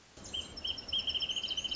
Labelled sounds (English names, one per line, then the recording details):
Wrentit
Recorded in Sonoma County, California